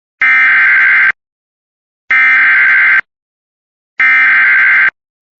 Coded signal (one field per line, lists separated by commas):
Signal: Emergency Alert System (SAME) tones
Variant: header bursts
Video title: EAS-EDS severe thunderstorm warning for will and cook county, IL (90 MPH WINDS GUSTS)